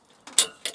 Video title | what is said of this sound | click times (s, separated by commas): How to install Solar Panels @ AJ Renewables with Lead Solar Panel / Roofing Installer Sean H. | So you just pry it over the top of the bar and you hear the we click | 0.4 s